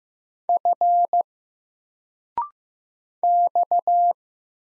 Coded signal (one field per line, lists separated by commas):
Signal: Morse code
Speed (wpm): 15 wpm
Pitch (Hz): 700 Hz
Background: none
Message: F X